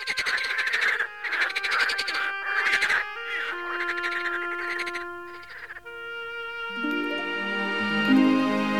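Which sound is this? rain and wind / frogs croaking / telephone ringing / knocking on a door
frogs croaking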